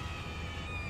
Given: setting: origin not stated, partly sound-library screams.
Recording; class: one-second piece from a danger detection set; woman in danger